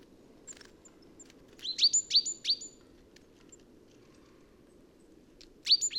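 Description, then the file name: Great tit calling with a short run of three sharp, high chirps and a brief burst at the end, over a low continuous rumble. "Parus major"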